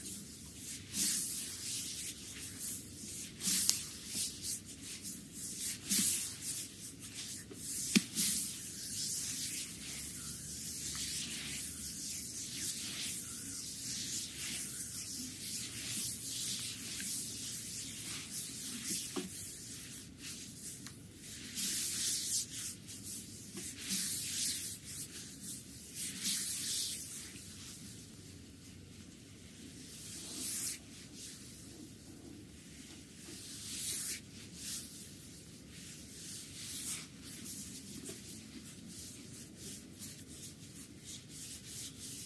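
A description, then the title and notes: Hands work over skin during a visceral abdominal massage, making a continuous soft rubbing and brushing sound. The strokes come in quick, irregular bursts of hiss with a few sharper scuffs near the start, over a low, steady hum that runs throughout. ASMR Visceral Abdominal Massage.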